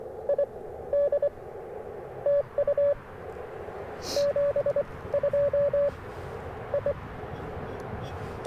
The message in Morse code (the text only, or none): ID TU 72 I